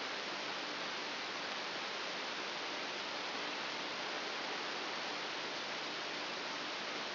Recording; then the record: brain microelectrode recording played as sound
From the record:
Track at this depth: outside the subthalamic nucleus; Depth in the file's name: 7.001 mm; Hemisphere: right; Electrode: 2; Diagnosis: Parkinson's disease